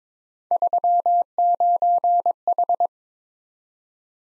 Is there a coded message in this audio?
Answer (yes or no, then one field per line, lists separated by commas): yes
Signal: Morse code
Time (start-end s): 0.5-2.9 s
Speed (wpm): 22 wpm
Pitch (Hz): 700 Hz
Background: none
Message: 39H